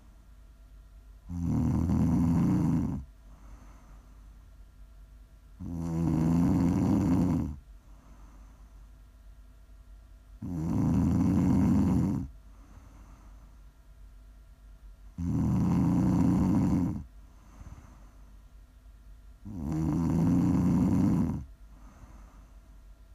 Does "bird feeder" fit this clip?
no